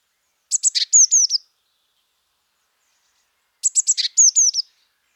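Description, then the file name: Eurasian blue tit giving two high call phrases about three seconds apart, each a run of sharp ticking notes followed by three falling slurred whistles. "Cyanistes caeruleus"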